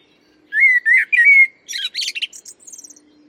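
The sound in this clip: Common blackbird song: a mellow, fluty warbled phrase ending in a burst of high, squeaky twittering notes.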